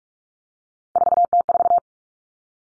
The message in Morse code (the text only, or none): 4T4